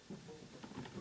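A plastic wheel spacer is handled and slid over a wheel axle fitted with a steel cross pin, giving soft, low rubbing and scraping sounds with a few faint taps around 0.1, 0.6 and 0.9 seconds. Nothing has seated or snapped into place yet.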